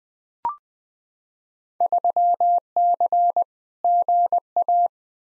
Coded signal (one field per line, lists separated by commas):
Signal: Morse code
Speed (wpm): 20 wpm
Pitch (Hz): 700 Hz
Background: none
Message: 3C GA